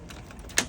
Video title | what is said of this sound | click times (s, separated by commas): Week 2 Anesthesia machine checkout assessment HCC | And you hear that click, it's good to go. | 0.6 s